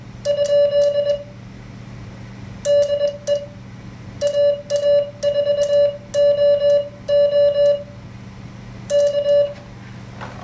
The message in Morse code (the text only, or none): ? DE AA4OO K